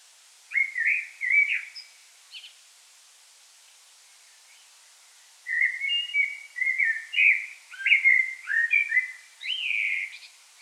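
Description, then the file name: Common blackbird song: a short fluted phrase, a pause of a few seconds, then a longer run of mellow whistled notes with higher squeaky additions. "Turdus merula"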